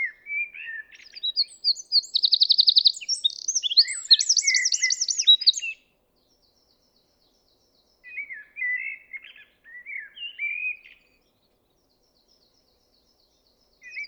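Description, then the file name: Eurasian wren song with a fast buzzy trill and a second rolling trill, stopping after about six seconds; softer twittering phrases follow after a pause. "Troglodytes troglodytes"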